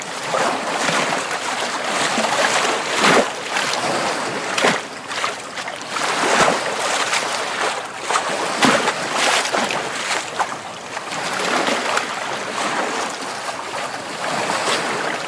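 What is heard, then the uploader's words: Water laps steadily against a wooden dock, with frequent soft splashes and slaps, the sharpest near three, six and nine seconds. In this episode, you can enjoy the soothing sounds of water lapping against a wooden dock on a peaceful lake. Lake Dock Waves: Gentle Water Sounds.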